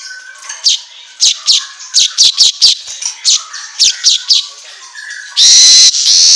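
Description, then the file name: Asian golden weaver song of repeated scratchy chips, then a loud, sizzling buzz. Auto gacor recording for training songbirds. "Suara Kicau Manyar Kepala Emas Auto Gacor"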